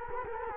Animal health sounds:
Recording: mosquito wingbeat signal from an infrared sensor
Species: Culex quinquefasciatus

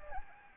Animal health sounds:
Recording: mosquito wingbeat signal from an infrared sensor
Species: Anopheles gambiae

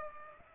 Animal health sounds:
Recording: mosquito wingbeat signal from an infrared sensor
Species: Culex pipiens

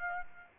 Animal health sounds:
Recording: mosquito wingbeat signal from an infrared sensor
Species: Aedes aegypti

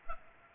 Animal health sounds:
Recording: mosquito wingbeat signal from an infrared sensor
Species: Aedes aegypti

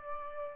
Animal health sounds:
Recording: mosquito wingbeat signal from an infrared sensor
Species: Aedes albopictus

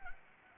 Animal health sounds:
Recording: mosquito wingbeat signal from an infrared sensor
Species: Anopheles arabiensis

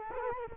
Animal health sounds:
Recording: mosquito wingbeat signal from an infrared sensor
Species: Culex quinquefasciatus

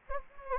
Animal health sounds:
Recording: mosquito wingbeat signal from an infrared sensor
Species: Anopheles gambiae

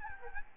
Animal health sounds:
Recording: mosquito wingbeat signal from an infrared sensor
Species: Aedes albopictus

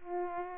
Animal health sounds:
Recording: mosquito wingbeat signal from an infrared sensor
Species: Aedes aegypti

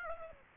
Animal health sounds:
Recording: mosquito wingbeat signal from an infrared sensor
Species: Aedes aegypti

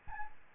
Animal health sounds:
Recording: mosquito wingbeat signal from an infrared sensor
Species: Aedes albopictus

